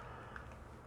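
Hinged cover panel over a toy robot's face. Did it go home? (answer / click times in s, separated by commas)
no / none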